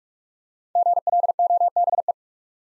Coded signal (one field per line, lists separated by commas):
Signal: Morse code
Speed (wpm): 46 wpm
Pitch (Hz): 700 Hz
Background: none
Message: GLOBE